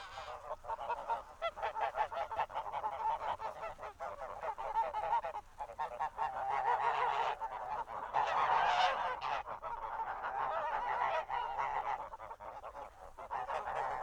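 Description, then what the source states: Goose: geese honking in a large flock, rapid overlapping honks rising and falling in loudness throughout, with a brief lull near the end. A horde of geese honking.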